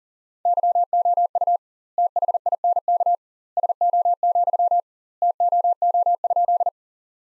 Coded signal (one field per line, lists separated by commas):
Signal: Morse code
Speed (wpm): 40 wpm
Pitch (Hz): 700 Hz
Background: none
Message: YOU THINK SO, TOO?